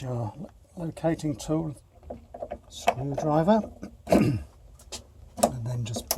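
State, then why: Seated. A replacement diverter valve cartridge in a Vaillant Ecotec combi boiler is pushed into the valve casing with a locating tool driver until its lugs lock into the holes. Someone talks while there are small knocks and taps, then a sharp click at 6.1 s as the cartridge seats in the casing.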